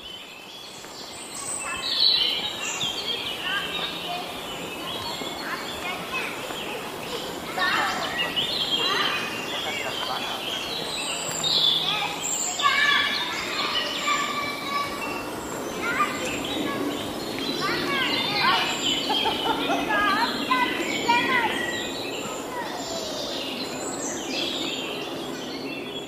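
A soundwalk at the Ludwigsteich near Roßdorf, with a steady outdoor wash and chirping birds scattered throughout. Bright calls and tweets come in clusters, busiest around the middle and again near twenty seconds, with what may be voices mixed in. A low hum runs underneath.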